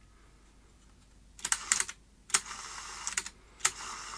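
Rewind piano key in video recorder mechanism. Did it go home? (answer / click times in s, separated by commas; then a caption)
no / none. The mechanical rewind piano key on a CVC video recorder is pressed several times, giving sharp clacks at about 1.5, 1.7, 1.8, 2.4, 3.2 and 3.7 seconds over a quiet background. After each press a steady high hiss follows as the machine rewinds. The key fails to latch down, and nothing has seated or clicked into place.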